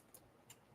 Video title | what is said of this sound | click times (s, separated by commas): Pop-Up Sale! Cutting Dies! | Get these snapped back in here. | 0.1 s, 0.5 s